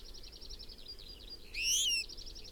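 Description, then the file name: European goldfinch call: a single clear rising, ringing call after a string of soft rhythmic high chirps that resume afterwards. "Carduelis carduelis"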